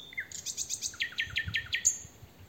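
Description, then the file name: Common nightingale song, a brief phrase of rapid repeated notes dropping to a lower series of clipped chirps, ending in a thin whistle. "Luscinia megarhynchos"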